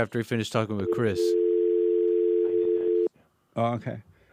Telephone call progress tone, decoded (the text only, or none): dial tone